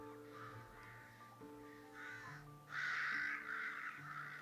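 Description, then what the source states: Rooks squabbling with harsh, grating caws, scattered at first, then a loud overlapping burst of calls near the end over a steady low hum. Rooks squabbling, heard from a village churchyard on a damp, misty autumn afternoon after recent rain, sun low in the west.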